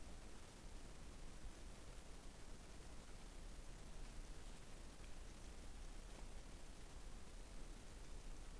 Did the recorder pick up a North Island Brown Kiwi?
no